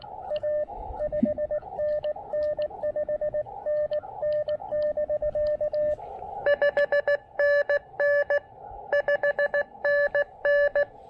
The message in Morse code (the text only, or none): A 5NN 5NN <BK> 5NN 5NN